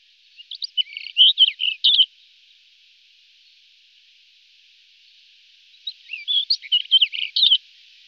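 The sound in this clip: White-crowned wheatear uttering two quick runs of sharp chirps and warbled whistles, separated by a long pause with a steady faint hiss behind.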